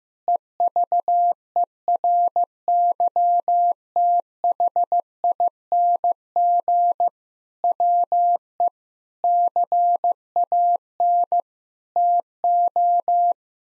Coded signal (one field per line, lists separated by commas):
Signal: Morse code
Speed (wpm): 15 wpm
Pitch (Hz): 700 Hz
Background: none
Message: EVERYTHING WE CAN TO